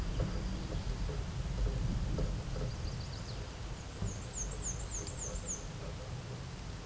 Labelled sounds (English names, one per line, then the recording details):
Black-and-white Warbler song
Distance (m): 45 m
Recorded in a Pennsylvania forest on 17 May 2023 at 14:15
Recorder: AudioMoth, point grid1_15_low
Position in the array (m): 47 m, 219 m